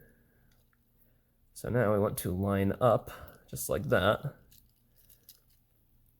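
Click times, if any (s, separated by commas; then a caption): none. A terminal pin is lined up with its cavity in a plastic wiring harness connector during a 2012-2015 Honda Civic automatic window retrofit, before being pushed home. Someone talks from about 1.6 to 4.3 s, followed by a few faint small handling ticks around 4.5 to 5.3 s. Nothing has seated or clicked yet.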